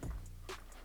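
An aftermarket charge pipe with a C-clip quick connector is being handled and lined up with the turbocharger outlet on a Mini Cooper (F Series: F54, F55, F56, F57, F60). A brief low thump near the start gives way to faint rustling and handling noise over a steady low hum. Nothing has seated or clicked yet.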